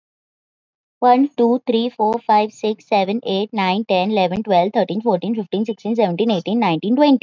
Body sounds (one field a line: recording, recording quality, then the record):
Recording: counting at a fast pace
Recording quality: excellent, no background noise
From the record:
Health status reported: healthy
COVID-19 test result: negative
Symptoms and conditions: none ticked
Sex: female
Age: 19 years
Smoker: not ticked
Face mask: not worn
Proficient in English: yes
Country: India